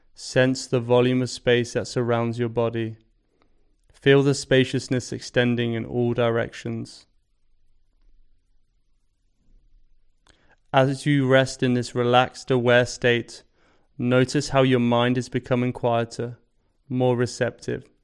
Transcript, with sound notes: Sense the volume of space that surrounds your body. Feel the spaciousness extending in all directions. [Pause 5 seconds] As you rest in this relaxed, aware state, notice how your mind is becoming quieter, more receptive.